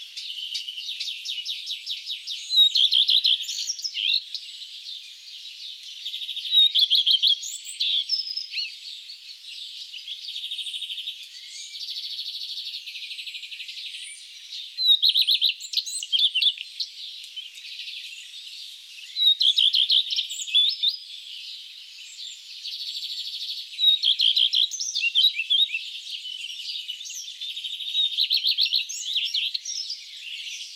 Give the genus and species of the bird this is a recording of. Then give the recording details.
Phoenicurus phoenicurus. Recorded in the wild. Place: Ihringen am Kaiserstuhl, Baden-Württemberg, DE. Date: 2008-04-28. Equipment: MiniDisc Sharp MT 20 H. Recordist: Schwarz, Dieter